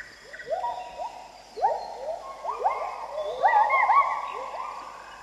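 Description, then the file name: Bird calls: repeated short upslurred whistles, several birds overlapping in a loose chorus that grows busier toward the end. "pajaros"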